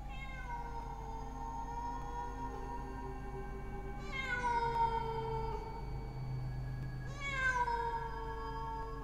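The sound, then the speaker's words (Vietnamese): A very large jet-black cat with green eyes, standing in the middle of a yard in the dark, lets out long, drawn-out eerie yowls, one continuous wailing cry that swells louder twice with fresh rising howls, steady and moaning in pitch, with no one talking. “Con mèo chạy qua đứng ở giữa sân, bất giác con mèo đứng sững lại, quay nhìn Khánh bằng đôi mắt xanh lè lè, kêu lên mấy tiếng nghe rùng rợn.”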